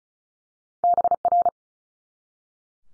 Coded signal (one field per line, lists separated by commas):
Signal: Morse code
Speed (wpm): 36 wpm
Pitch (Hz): 700 Hz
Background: none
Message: BR